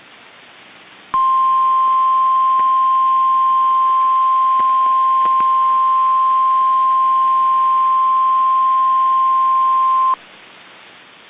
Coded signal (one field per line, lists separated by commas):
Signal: Emergency Alert System (SAME) tones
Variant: 1050 Hz attention tone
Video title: Alerts from 6/13/18 (EAS #88 - #90)